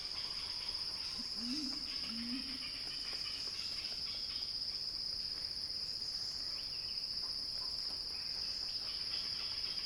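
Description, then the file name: Unbroken high-pitched cicada buzzing, steady in loudness throughout, with a soft low two-note sound early on and light crackles. Cicadas heard in a crescendo; recorded by Axel Drioli. "earth-fm Axel-Drioli Cicada-Crescendo-Sounding-Wild"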